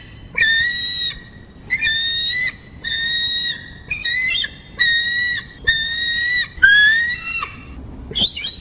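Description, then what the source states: Eagle giving repeated shrill whistled cries, each note flat and drawn out, one rising near the end, spaced about a second apart over quiet background hiss. Cry.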